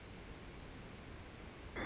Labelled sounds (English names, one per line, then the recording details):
Orange-crowned Warbler
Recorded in Sonoma County, California